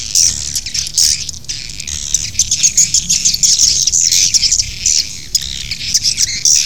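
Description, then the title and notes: Shrill swiftlet chirping and twittering continues throughout, over a low background hum. Asia; sound used in swiftlet farming to attract the birds. "Swiflet Bird Sound. Farming Swiflet Bird asia sound"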